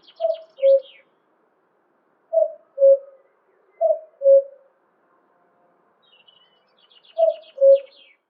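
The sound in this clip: Cuckoo calling a two-note falling cu-coo four times, spaced a few seconds apart, with thin trilling chirps of another bird higher up.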